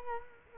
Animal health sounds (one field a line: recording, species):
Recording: mosquito wingbeat signal from an infrared sensor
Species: Culex quinquefasciatus